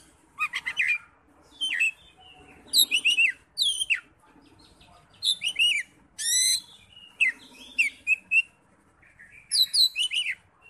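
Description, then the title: Oriental magpie-robin singing a lively run of whistles, chattering trills and buzzy notes in bursts with brief pauses. "Kacer"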